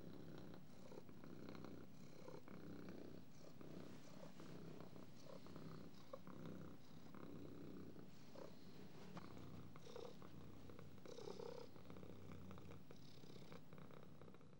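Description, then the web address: Cat purring: a steady, low, rumbling purr that continues without a break throughout, soft and even. "The BBC Sound Effects Library. Cat"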